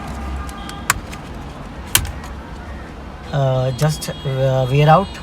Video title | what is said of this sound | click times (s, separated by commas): ⁉️HOW TO INSTALL SWIFT / DESIRE OR ALL MARUTI SUZUKI CARS CLOCK SPRING/STEERING HUB/CONTACT COIL 💥 | again i'm showing you you have just hear a clicking sound | 0.9 s, 2.0 s